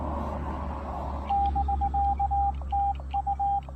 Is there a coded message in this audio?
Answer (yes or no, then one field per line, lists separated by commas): yes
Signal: Morse code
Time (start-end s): 1.3-3.6 s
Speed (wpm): 20 wpm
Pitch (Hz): 800 Hz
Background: radio noise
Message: <BK> TU